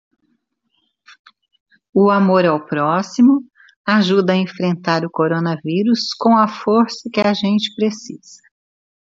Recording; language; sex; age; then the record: spoken sentence; Brazilian Portuguese; female; 60 to 69 years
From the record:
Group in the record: control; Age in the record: 62 years